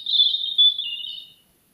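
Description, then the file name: European robin phrase: a single high, thin, warbling strophe with a wavering whistle that drops slightly and trails away. "Erithacus rubecula"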